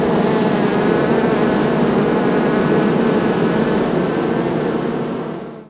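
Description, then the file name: Bees in a loud, dense, continuous buzzing drone of many overlapping wingbeats, holding steady before fading at the end. Heavy buzzing from several bees. "Sound Ideas - Heavy Buzzing from Several Bees"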